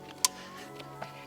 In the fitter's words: right back in there make sure it clicks and it's secure